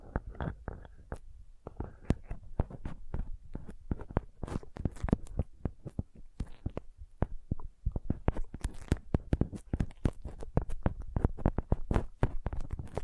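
Gentle tapping in quick, uneven bursts, each tap a short crisp click with a soft low thump beneath. The taps come steadily throughout, thinning briefly around the middle, then grow faster and denser after about eight seconds.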